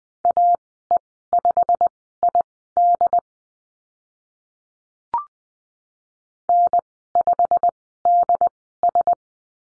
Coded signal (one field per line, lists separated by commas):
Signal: Morse code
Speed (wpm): 20 wpm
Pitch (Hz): 700 Hz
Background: none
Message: AE5ID N5DS